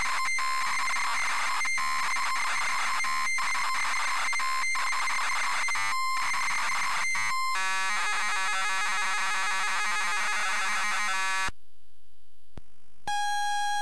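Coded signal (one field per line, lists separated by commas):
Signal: ZX Spectrum tape loading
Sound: harsh buzzing, warbling data screech with harmonics, brief silence, then a steady tone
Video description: ZX Spectrum load up and quick game play of SpellBound 128k loaded up using a zx spectrum +3 with a wh smith cpd8300 cassette player.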